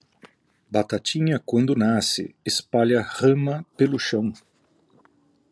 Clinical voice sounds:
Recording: short text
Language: Brazilian Portuguese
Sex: male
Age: 60 to 69 years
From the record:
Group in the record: control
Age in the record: 60 years

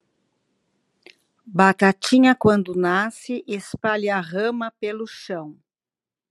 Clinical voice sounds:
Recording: short text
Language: Brazilian Portuguese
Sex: female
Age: 60 to 69 years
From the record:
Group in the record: control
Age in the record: 63 years

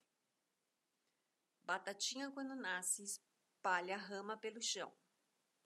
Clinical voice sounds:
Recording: short text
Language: Brazilian Portuguese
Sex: female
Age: 60 to 69 years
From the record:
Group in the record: control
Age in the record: 62 years

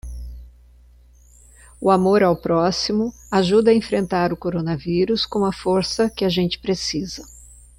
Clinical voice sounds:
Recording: spoken sentence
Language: Brazilian Portuguese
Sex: female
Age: 50 to 59 years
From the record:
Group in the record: control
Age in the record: 51 years

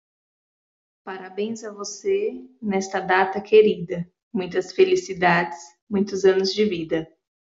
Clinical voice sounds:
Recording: short text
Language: Brazilian Portuguese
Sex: female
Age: 20 to 29 years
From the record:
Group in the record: control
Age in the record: 27 years

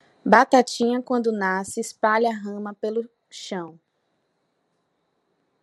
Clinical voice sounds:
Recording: short text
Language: Brazilian Portuguese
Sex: female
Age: 30 to 39 years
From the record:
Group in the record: control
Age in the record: 34 years

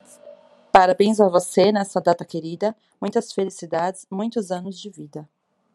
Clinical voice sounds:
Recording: short text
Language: Brazilian Portuguese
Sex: female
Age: 30 to 39 years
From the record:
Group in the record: control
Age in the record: 36 years

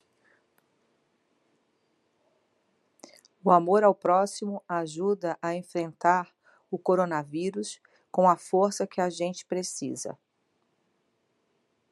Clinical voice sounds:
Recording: spoken sentence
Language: Brazilian Portuguese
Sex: female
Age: 50 to 59 years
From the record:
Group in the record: control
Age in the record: 52 years

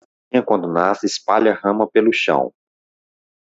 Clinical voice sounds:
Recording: short text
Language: Brazilian Portuguese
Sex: male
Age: 30 to 39 years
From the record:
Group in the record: control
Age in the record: 37 years

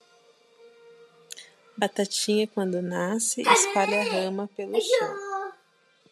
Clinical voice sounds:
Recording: short text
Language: Brazilian Portuguese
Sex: female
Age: 30 to 39 years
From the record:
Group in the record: control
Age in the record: 31 years

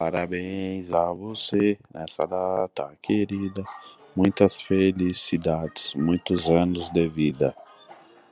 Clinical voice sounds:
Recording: short text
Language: Brazilian Portuguese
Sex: male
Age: 30 to 39 years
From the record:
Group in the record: control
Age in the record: 35 years

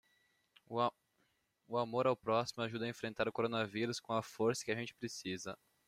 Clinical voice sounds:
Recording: spoken sentence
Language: Brazilian Portuguese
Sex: male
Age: 20 to 29 years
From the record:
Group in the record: control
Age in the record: 21 years

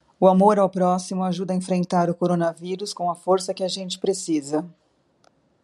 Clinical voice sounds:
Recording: spoken sentence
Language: Brazilian Portuguese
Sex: female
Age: 50 to 59 years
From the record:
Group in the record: control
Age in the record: 56 years

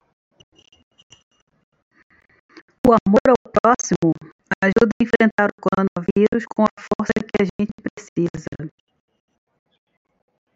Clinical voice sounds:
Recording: spoken sentence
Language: Brazilian Portuguese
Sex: female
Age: 50 to 59 years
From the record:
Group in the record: control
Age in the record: 57 years

